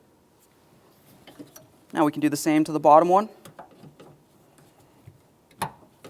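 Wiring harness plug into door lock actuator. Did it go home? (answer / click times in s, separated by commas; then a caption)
yes / 5.6 s. The bottom wiring harness plug is pushed into the door lock actuator of a 2000-2005 Buick LeSabre passenger door while someone talks, with a few faint taps before and after. A sharp click at 5.6 s marks the connector seating in place.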